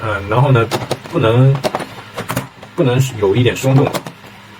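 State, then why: Not seated. A thick divider panel is handled and pressed edge by edge into the slots of an assembled display box frame, a fit that is tight because the panel is slightly thick. Someone talks throughout. Nothing has seated or clicked yet.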